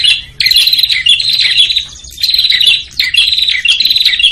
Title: Suara Prenjak Ribut. Pikat Burung Prenjak Kepala Merah Prenjak Tamu